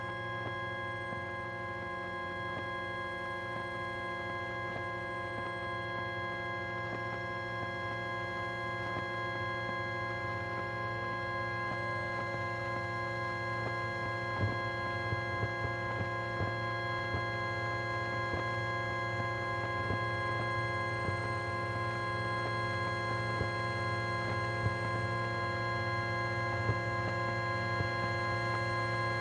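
A hybrid bus's electric motor hums with a dense stack of steady tones, low and high, holding level for the whole half minute. Faint whining pitches slide upward now and then as the motor spins up, with small clicks and rattles scattered underneath.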